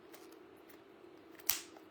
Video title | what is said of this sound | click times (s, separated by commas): Xkah Electronic Hookah Head Review | you'll hear it snap. Now it's in. | 1.5 s